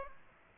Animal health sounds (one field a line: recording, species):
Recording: mosquito wingbeat signal from an infrared sensor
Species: Aedes aegypti